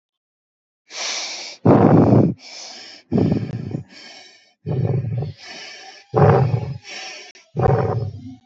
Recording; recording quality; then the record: shallow breathing; excellent, no background noise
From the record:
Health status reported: healthy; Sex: female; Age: 23 years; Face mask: not worn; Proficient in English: yes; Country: India